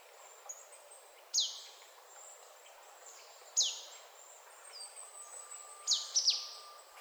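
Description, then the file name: Marsh tit calling with abrupt high downslurred notes, two single ones well spaced, then a quick cluster near the end. "Poecile palustris"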